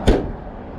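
A door or lid latch on a 1988 Chevy Camaro IROC-Z convertible is slammed shut firmly after several gentle tries failed to latch, likely because it is out of adjustment. A single short, heavy impact lands at 0.1 s, followed by a fading low rumble. The latch catches and the part is seated.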